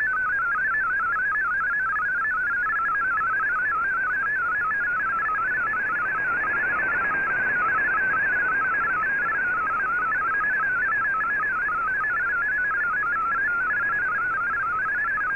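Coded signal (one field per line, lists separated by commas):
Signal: multi-tone FSK (Olivia or MFSK type)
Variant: MFSK32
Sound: rapid, steady warbling tone hopping between pitches, like a fast burbling melody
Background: radio static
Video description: Here is my decode of the Shortwave Radiogram broadcast today on 15770Khz shortwave radio at 1300UTC in MFSK32 and 64 and with 10 SSTV images.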